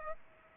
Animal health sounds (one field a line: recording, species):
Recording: mosquito wingbeat signal from an infrared sensor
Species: Aedes aegypti